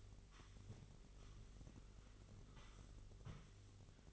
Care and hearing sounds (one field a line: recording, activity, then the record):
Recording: daily activity, microphone in the room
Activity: sweep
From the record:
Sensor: 4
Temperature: 27.9 degrees Celsius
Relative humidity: 34.3%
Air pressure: 1002.4 hPa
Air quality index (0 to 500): 216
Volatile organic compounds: 12 ppm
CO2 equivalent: 2330 ppm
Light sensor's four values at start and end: 19/69/25/25 and 19/68/25/25